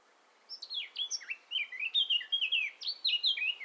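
Eurasian blackcap singing a fast, rich warble of chattering notes that turns into loud, clear, descending fluty whistles.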